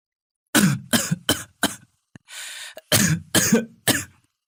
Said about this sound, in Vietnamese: Nói đến đây, cậu lại ôm ngực ho sù sụ.